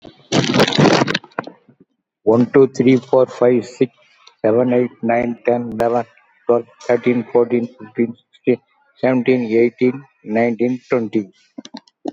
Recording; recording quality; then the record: counting at a fast pace; moderate, slight background noise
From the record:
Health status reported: COVID-19 positive, mild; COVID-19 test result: positive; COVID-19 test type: RT-PCR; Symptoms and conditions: cough, fever, muscle pain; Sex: male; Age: 83 years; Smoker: no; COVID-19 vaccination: both doses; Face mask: not worn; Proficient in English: yes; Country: India